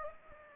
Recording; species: mosquito wingbeat signal from an infrared sensor; Anopheles gambiae